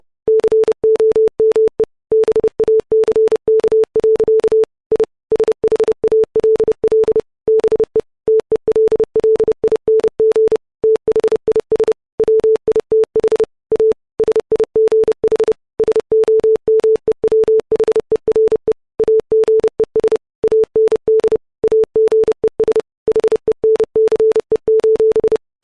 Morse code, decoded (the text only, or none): COME BACK. I SHALL BE TELLING THIS WITH A SIGH SOMEWHERE AGES AND AGES HENCE: